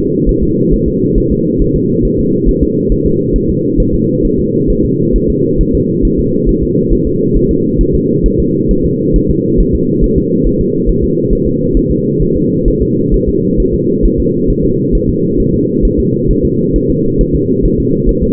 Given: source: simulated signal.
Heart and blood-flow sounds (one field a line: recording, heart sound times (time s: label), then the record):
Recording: fetal heart sounds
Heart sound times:
0.29 s: S1
0.43 s: S2
0.73 s: S1
0.88 s: S2
1.18 s: S1
1.32 s: S2
1.62 s: S1
1.76 s: S2
2.05 s: S1
2.19 s: S2
2.49 s: S1
2.63 s: S2
2.92 s: S1
3.06 s: S2
3.36 s: S1
3.50 s: S2
3.80 s: S1
3.94 s: S2
4.25 s: S1
4.39 s: S2
4.70 s: S1
4.85 s: S2
5.16 s: S1
5.30 s: S2
5.61 s: S1
5.75 s: S2
6.05 s: S1
6.19 s: S2
6.49 s: S1
6.63 s: S2
6.93 s: S1
7.07 s: S2
7.37 s: S1
7.51 s: S2
7.81 s: S1
7.95 s: S2
8.26 s: S1
8.40 s: S2
8.71 s: S1
8.85 s: S2
9.16 s: S1
9.30 s: S2
9.60 s: S1
9.75 s: S2
10.04 s: S1
10.18 s: S2
10.47 s: S1
10.61 s: S2
10.89 s: S1
11.04 s: S2
11.33 s: S1
11.47 s: S2
11.77 s: S1
11.91 s: S2
12.22 s: S1
12.37 s: S2
12.68 s: S1
12.82 s: S2
13.14 s: S1
13.28 s: S2
13.60 s: S1
13.74 s: S2
14.05 s: S1
14.20 s: S2
14.50 s: S1
14.65 s: S2
14.95 s: S1
15.09 s: S2
15.40 s: S1
15.54 s: S2
15.85 s: S1
16.00 s: S2
16.31 s: S1
16.45 s: S2
16.76 s: S1
16.90 s: S2
17.21 s: S1
17.35 s: S2
17.65 s: S1
17.80 s: S2
18.09 s: S1
18.23 s: S2
From the record:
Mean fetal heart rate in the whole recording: 135 bpm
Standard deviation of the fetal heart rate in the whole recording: 3 bpm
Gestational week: 36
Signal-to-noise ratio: -11.2 dB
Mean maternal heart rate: 72 bpm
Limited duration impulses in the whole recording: present